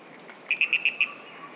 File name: Ischnocnema holti